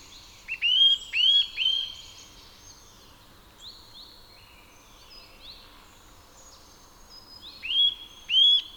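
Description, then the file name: Eurasian nuthatch giving a run of three hooked whistled notes, later two more, while other small birds call quietly in the background. "Sitta europaea"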